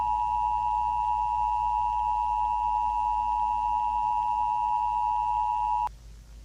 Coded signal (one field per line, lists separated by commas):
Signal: Emergency Alert System (SAME) tones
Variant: 853 and 960 Hz attention tone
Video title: EAS Scenario/Analog Horror - Tartarus (Halloween)